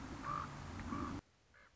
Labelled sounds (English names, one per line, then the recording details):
Common Raven
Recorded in Sonoma County, California